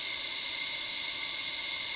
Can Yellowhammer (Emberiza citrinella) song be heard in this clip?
no